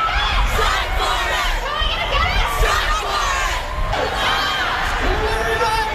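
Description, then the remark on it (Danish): A large crowd of children and young people demonstrating in Sydney, Australia, demanding faster action against climate change, chanting and shouting together, a dense, steady roar of many overlapping voices, including high-pitched young ones, with rising calls breaking through throughout. “Verden over går børn og unge i dag på gaden for at kræve en hurtigere indsats i kampen mod klimaforandringerne.”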